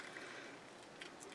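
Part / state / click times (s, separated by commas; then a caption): plastic light housing into glove box panel / seated / 1.0 s. A plastic glove box light housing on a VW Tiguan is pushed back into the glove box trim panel so its tabs grab. After a quiet rustling stretch, a sharp snap at 1.0 s marks the housing seating in place, followed by a few lighter clicks. The housing is confirmed seated in the trim.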